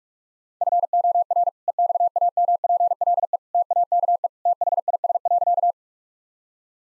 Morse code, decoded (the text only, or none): FOR EXAMPLE TAKE THIS.